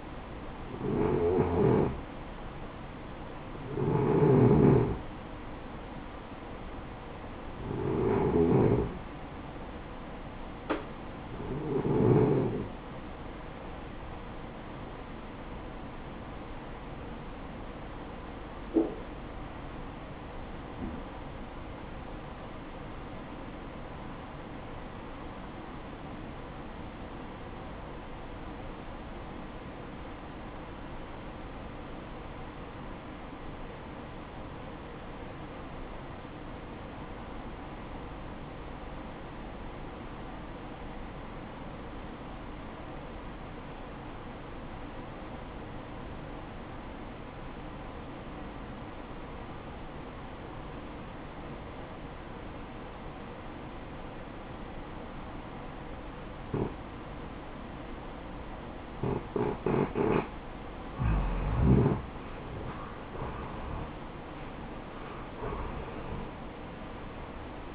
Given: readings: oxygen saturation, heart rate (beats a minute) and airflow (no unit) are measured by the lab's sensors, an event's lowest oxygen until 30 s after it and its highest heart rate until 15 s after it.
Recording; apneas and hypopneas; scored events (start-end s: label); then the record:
breathing in sleep by a voice recorder at the bedside; 1
19.00-61.50 s: obstructive apnea (REM, oxygen 94% highest, then 76% lowest, heart rate 66 at the start, 78 highest)
From the record:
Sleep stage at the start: REM sleep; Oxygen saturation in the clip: 80 to 94%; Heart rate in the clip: 55 to 77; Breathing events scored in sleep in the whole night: 573 in 9.8 hours asleep